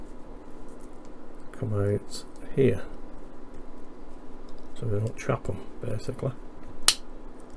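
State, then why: Seated. Someone talks while a plastic part of the engine assembly on an Agora Mitsubishi Zero A6M model is pressed home over the routed motor wires, keeping the wires from getting trapped. A single sharp, loud snap rings out at 6.9 s as the part clicks and seats in place.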